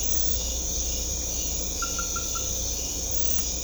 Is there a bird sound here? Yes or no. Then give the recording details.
no. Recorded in secondary vegetation near Puerto Asís, Putumayo, Colombia, on 16 December 2024 at 23:30. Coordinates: 0.500, -76.326. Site G065